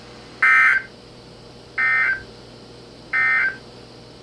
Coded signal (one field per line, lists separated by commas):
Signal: Emergency Alert System (SAME) tones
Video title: EAS #1381-#1386: Winter Hazard Time! | KHB36 & WNG736